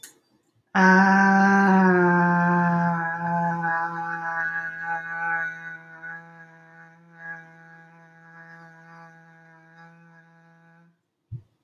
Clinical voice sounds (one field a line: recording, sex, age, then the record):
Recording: vowel held as long as possible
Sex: female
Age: 30 to 39 years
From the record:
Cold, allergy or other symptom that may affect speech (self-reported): no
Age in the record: 34 years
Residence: Oregon, United States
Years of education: 17